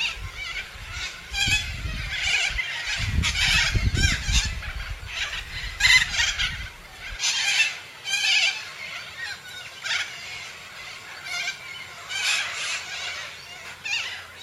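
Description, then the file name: Major Mitchell's cockatoo uttering rough, scratchy squawks in repeated bursts, while low rumbling thuds sound during the first seven seconds. "canto da cacatua inca"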